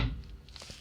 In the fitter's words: so you can see my little tab wiggle there when i pushed it in and it clicked